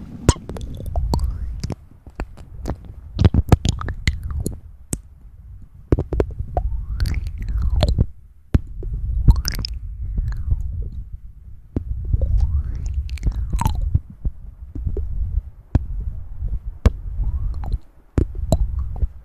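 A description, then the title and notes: Wet mouth sounds fill the clip: frequent sharp clicks and smacks over a low, murky rumble. Several slow rising-and-falling whistly sweeps, like breath drawn through the lips, arrive around 3, 7, 10 and 13 seconds, with a fainter one near 18. Mouth Sounds & Breathing.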